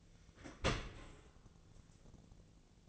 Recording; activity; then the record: daily activity, microphone in the room; open dishwasher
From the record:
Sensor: 4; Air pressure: 1001.3 hPa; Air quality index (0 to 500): 181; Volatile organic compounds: 2 ppm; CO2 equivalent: 1291 ppm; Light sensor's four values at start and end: 12/29/12/12 and 12/28/12/12